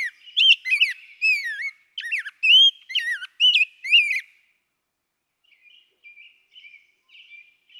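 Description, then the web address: Rose-breasted Grosbeak song, a lively run of loud, rich whistled notes for about four seconds, followed by silence and a few faint, soft notes. "birdsongforthecurious songs Rose-breasted Grosbeak"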